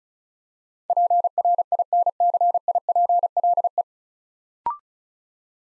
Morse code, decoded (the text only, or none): PRINCIPLE